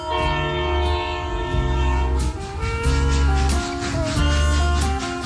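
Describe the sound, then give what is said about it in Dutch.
The Orient Express train rolls past, its loud multi-tone horn sounding in long sustained blasts that shift in pitch, while the wheels clack rhythmically over the rail joints underneath. “This is no ordinary train.”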